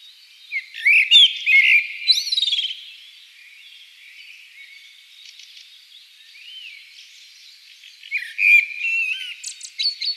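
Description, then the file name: Common blackbird singing a mellow warbled phrase that ends in thin high squeaks, then a quieter gap before a second fluty phrase near the end. "Turdus merula"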